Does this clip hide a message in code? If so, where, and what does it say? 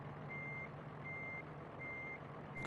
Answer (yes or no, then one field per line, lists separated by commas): no